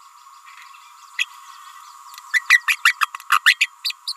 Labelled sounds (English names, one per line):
Green-rumped Parrotlet babbling